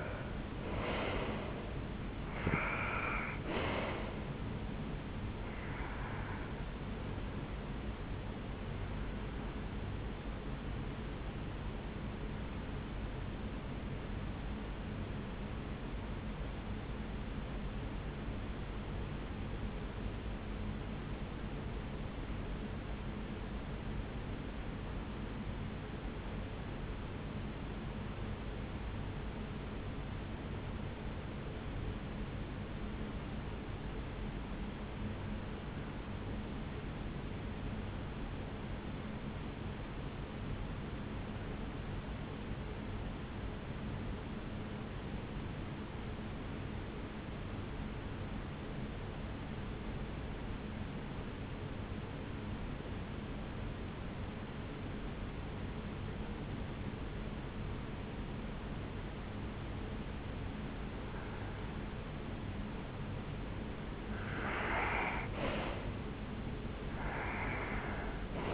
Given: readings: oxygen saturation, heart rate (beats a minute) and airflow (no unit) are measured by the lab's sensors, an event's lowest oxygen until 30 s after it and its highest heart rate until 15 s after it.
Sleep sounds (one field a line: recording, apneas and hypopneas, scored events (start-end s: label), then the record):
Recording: breathing in sleep by a voice recorder at the bedside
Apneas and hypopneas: 1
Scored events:
13.00-62.80 s: hypopnea (REM, oxygen 95% highest, then 77% lowest, heart rate 58 at the start, 77 highest)
From the record:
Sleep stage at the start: REM sleep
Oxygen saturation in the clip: 82 to 95%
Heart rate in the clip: 56 to 75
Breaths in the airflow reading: 15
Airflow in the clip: -10.4 to 6.3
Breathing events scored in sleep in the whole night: 449 in 7.0 hours asleep